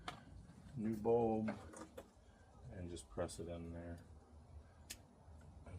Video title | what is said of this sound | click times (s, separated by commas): How to Change Front Turn Signal on a 2018 Ford Explorer | That's it. It clicks right in. | 4.9 s